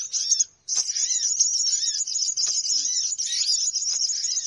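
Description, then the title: Many birds twittering in a shrill, unbroken high chatter, briefly pausing near the start, with scattered lower arched notes beneath. Lure sound to attract birds, said to draw many birds in quickly; noisy (ribut) bird sounds. "Baru Diputar Dah Banyak Merapat! Suara Pikat Burung Ribut"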